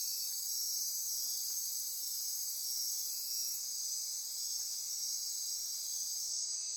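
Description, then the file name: Insect chorus of high, steady, shrill trilling from many insects, with a change in the upper tones toward the end. Insect chorus at midnight near Corcovado. "Wind-is-the-Original-Radio-Fridays 20240628 Andy-Martin Midnight-Insect-Chorus-Near-Corcovado"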